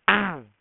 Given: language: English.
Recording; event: throat vibration sensor signal played as sound; throat clearing